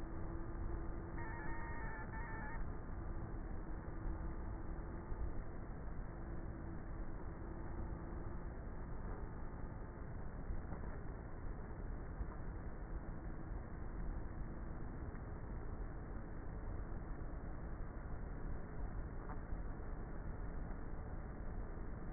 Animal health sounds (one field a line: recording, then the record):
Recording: honeybee colony, microphone inside the hive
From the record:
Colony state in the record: queenless with a low population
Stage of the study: before two queens were removed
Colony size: about 30,000 bees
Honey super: no